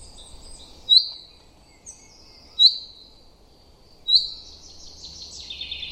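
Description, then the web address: Common chaffinch song: sharp high notes at intervals, then a descending run of bright, tumbling notes toward the end, over light background noise. "Deverinetal 2025 File origin Bird Only Fr Co"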